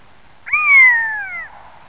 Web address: Fuglelyde ornevaage